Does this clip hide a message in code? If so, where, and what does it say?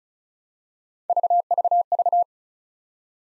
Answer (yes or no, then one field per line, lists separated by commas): no